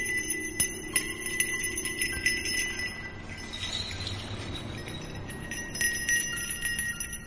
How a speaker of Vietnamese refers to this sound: Cô Thao nhanh thoăn thoắt lắc cái chuông thêm một lần nữa